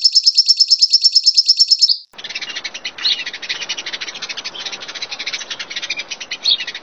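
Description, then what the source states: Bird song: a steady, fast trill of high repeated notes for two seconds, then a dense, buzzy chattering with scattered brighter notes. A combination of songs.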